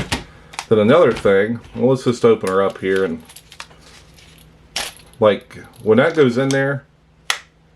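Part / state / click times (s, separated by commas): fixed-blade knife into its plastic sheath / seated / 7.3 s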